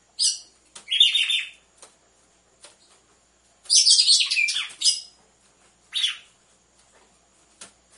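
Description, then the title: Red-cowled cardinal giving a short note, then two longer bursts of rapid jumbled notes, then a final short phrase. Female song, used to warm up males; with the beat of two males. "Canto Galo Campina Fêmea 01. ESQUENTE GALO DE CAMPINA COM BATIDA DE DOIS MACHOS"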